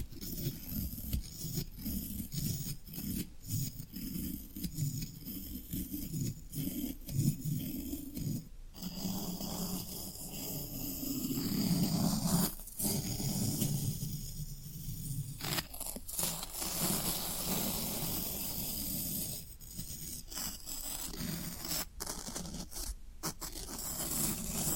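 Floral foam being rubbed and scraped, a dense, rasping crunch that runs through the full 25 seconds with no real pauses. Sharp crackles and snaps punctuate it every second or two. The grinding is mostly low and gritty, with brief brighter crackling bursts.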